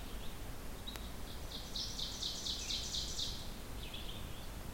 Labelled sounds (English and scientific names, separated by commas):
Ovenbird (Seiurus aurocapilla) song